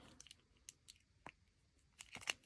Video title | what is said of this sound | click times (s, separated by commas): How to Set Up Your Brush Pen Markers | this one doesn't want to click in there. | none